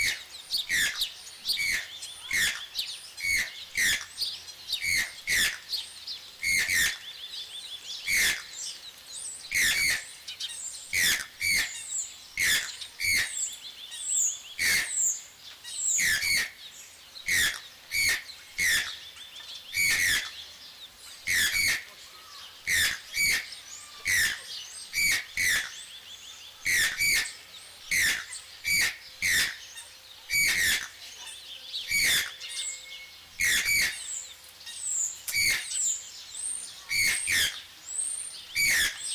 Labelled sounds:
Channel-billed Toucan call

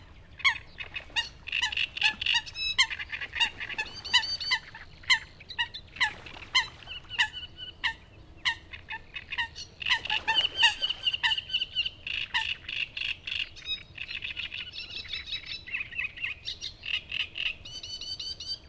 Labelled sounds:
Great Reed Warbler song

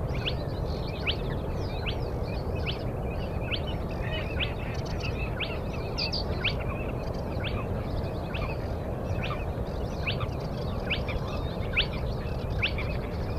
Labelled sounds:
Spotted Crake

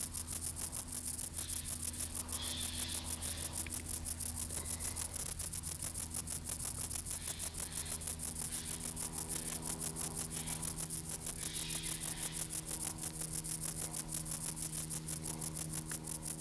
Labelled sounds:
Stripe-winged Grasshopper stridulation

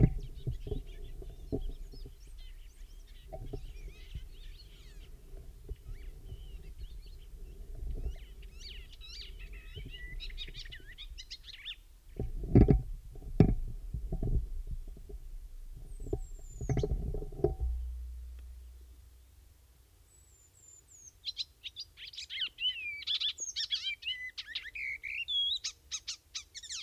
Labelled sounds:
Icterine Warbler song

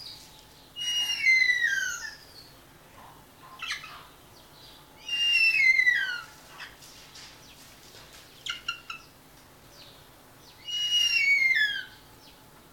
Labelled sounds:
Harpy Eagle call

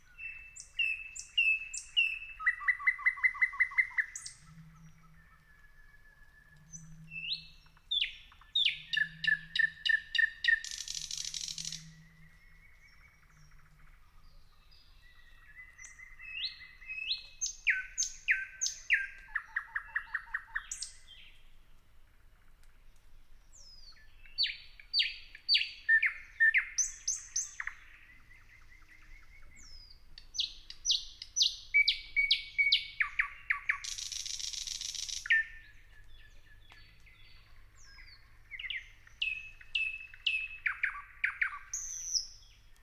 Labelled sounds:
Thrush Nightingale

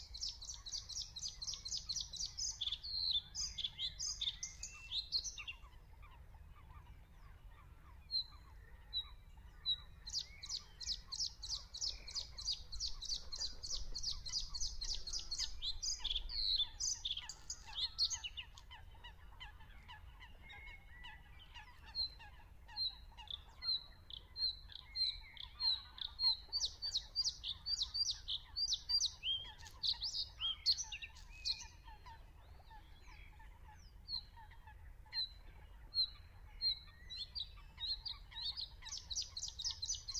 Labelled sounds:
Bluethroat song

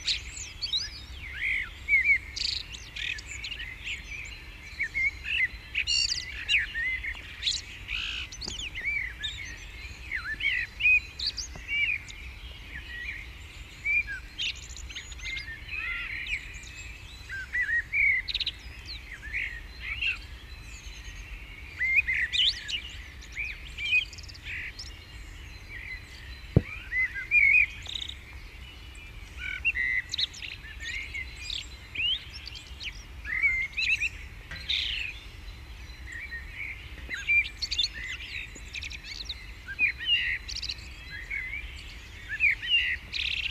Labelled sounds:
Common Blackbird song

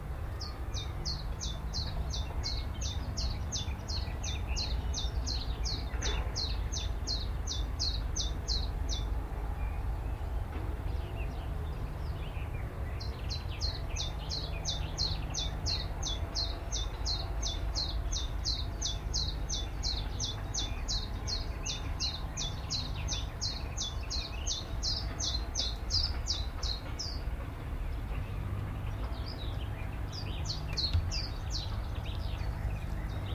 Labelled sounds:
Willow Warbler

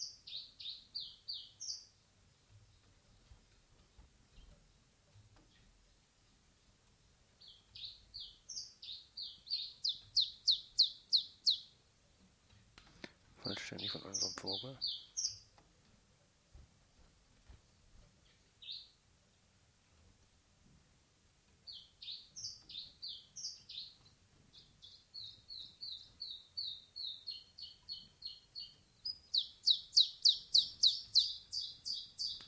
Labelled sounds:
Common Chiffchaff song

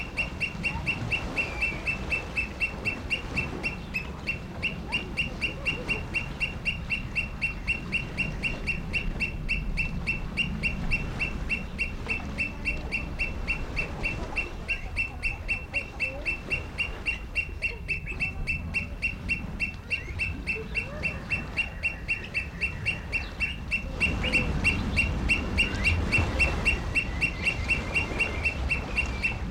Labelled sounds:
Black Curassow call

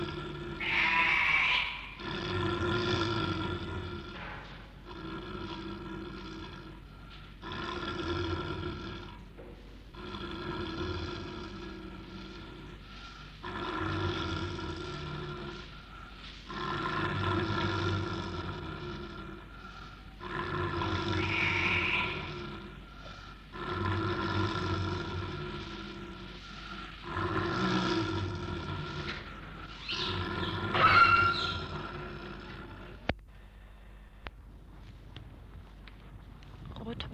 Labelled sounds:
Snow Leopard

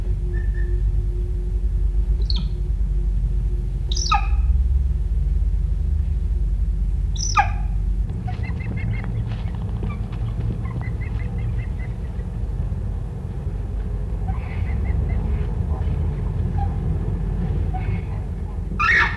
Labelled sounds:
Northern Screamer call

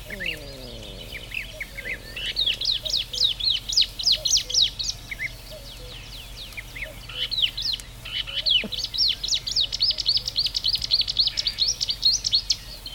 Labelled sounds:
Water Rail call

